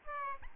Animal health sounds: mosquito wingbeat signal from an infrared sensor; Aedes albopictus

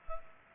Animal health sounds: mosquito wingbeat signal from an infrared sensor; Culex pipiens

